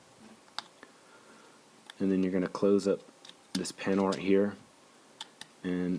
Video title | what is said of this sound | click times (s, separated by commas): Fansproject CA-13 Diesel and Military Multiplexer Kit | and just push on it until it clicks then rotate the foot forward | 0.6 s